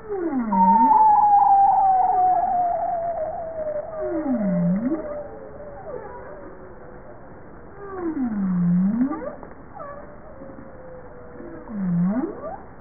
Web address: bowhead